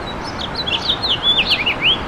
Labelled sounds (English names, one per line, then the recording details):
House Finch song
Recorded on Long Island, New York, on 8 May 2012
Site VS
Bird A